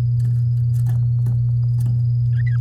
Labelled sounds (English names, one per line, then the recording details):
Domestic Canary song
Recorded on 7 May 2018 at 07:37
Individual llb16